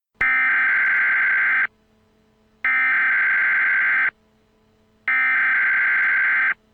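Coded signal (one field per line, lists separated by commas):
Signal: Emergency Alert System (SAME) tones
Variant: header bursts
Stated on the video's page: Fictional EAS scenario alert, made by the creator.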